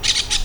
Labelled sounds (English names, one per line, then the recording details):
Brown-throated Parakeet contact call
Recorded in Venezuela
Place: Cerro Saroche, Hato Dalmatela, Edo. Lara
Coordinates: 10.149, -69.534